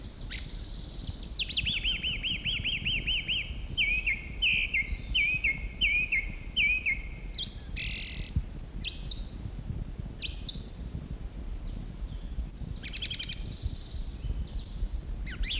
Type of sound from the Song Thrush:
song